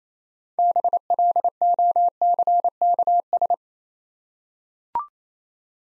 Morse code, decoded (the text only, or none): BLOCKS